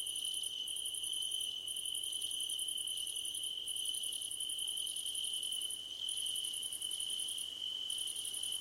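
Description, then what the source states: Cricket chorus of fast pulsing chirps in runs of one to two seconds with short breaks, over a continuous high ringing trill. Crickets at night under a starlit sky.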